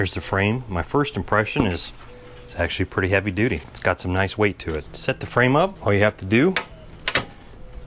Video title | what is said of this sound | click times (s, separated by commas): Blackstone 22” Adventure Ready Griddle - Unbox & Setup | extend the legs out there's a little pin on the side you'll hear an audible click when it clicks into place | 7.1 s